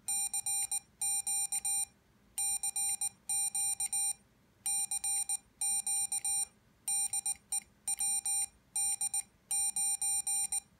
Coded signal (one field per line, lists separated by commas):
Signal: Morse code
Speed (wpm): 18 wpm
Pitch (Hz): 800 Hz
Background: none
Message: CQ CQ CQ DE WD9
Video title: WD9DMP's build of the K3NG CW Keyer and Decoder